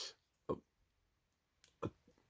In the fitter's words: son big band ça sent bien ça s'emboîte bien excuser moi les gars voilà on